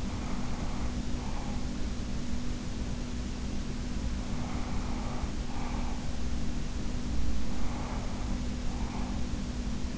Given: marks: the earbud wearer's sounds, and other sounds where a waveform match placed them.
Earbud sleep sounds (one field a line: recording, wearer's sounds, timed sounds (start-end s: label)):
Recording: sounds in sleep by an in-ear microphone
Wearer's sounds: breath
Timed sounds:
0.00-1.65 s: breath
4.26-6.19 s: breath
7.44-9.37 s: breath